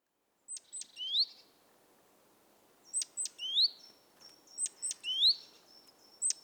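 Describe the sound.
Great tit calling with high thin ticks and upward-sweeping notes in quick clusters, over a soft low rumble of background noise.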